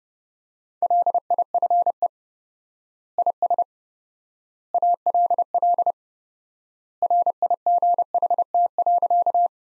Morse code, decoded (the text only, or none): LIFE IS ALL RIGHT.